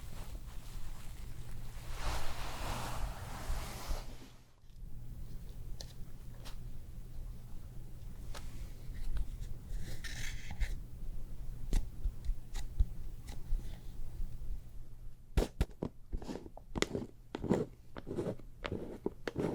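Close handling sounds from a spa facial, layered over a steady low hum. Soft brushing swells early, then scattered clicks and light taps, a brief rustle near ten seconds, and a dense run of sharp snipping or tapping clicks in the last five seconds.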